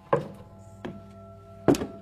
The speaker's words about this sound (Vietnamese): Tiếng chân của bà ấy cứ dẫm thình thịch vang khắp cả căn biệt thự rộng mênh mang.